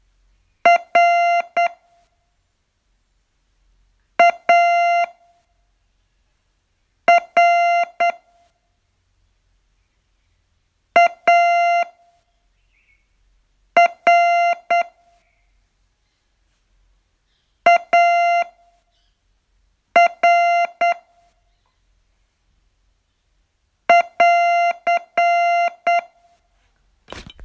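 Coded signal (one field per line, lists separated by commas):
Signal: Morse code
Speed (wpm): 9 wpm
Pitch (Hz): 690 Hz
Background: none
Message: R A R A R A R <AR>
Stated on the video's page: Morse training lesson, day 40 of a 42-day course.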